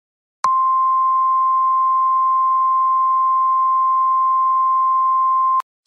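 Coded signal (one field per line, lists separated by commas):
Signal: Emergency Alert System (SAME) tones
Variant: 1050 Hz attention tone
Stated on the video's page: Fictional EAS scenario about two hurricanes combining, not a real alert.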